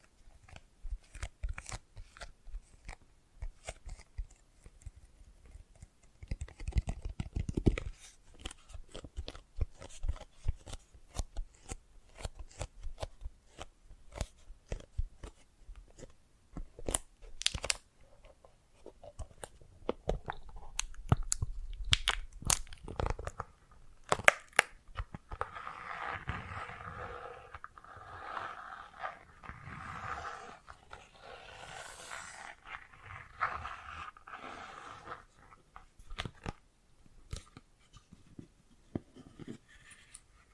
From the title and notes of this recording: ASMR Sensitive & Sleepy Triggers Bracelets and Jewelry Boxes (No Talking).